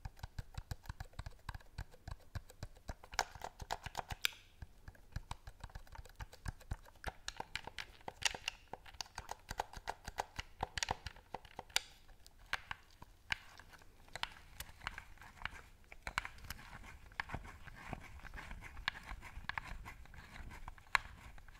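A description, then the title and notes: ASMR tapping and scratching: a dense, irregular stream of quick clicks and taps runs through the whole clip, with brighter, louder bursts of scratching around 3 to 4 seconds, 8 seconds, and 11 seconds. Soft crinkling textures fill the gaps. ASMR Tapping Scratching Touching.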